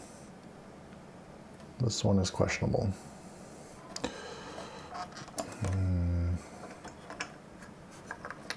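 Someone talks while pressing the last plastic push pin of a stock CPU cooler into its motherboard mounting hole. The pin is not turned the right way, so only light taps and handling noises are heard. Nothing has seated or clicked yet.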